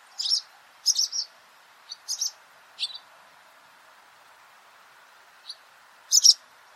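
Barn swallow calling with sharp, high twittering chirps, several in quick succession, then a pause, a single faint chirp, and a final burst of chirps.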